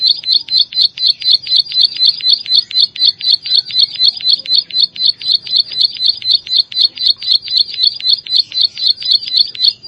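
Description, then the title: Plain Prinia song: an unbroken, very regular series of sharp high notes, about four each second, steady throughout. "Ciblek Sawah"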